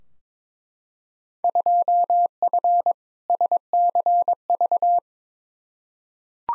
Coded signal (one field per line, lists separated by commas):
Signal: Morse code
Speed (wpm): 22 wpm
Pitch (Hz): 700 Hz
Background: none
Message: 2F SCV